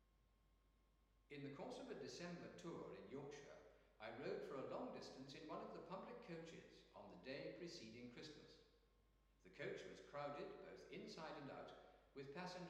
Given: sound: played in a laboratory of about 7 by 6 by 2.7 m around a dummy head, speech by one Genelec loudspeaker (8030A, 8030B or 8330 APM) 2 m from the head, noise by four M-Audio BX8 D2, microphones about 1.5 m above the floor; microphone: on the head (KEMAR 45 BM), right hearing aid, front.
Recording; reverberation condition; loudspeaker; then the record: male speech in English; high; 60 degrees to the right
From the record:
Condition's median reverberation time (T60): about 1300 ms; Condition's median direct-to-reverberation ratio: about -4.0 dB